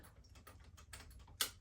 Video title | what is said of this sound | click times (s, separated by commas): My Industrial Machines #sewing #ilovetosew #sewamazing #sewingvlogger #sewingmachine | and clicks into place I love it it's not a really overly Big Stitch | 1.4 s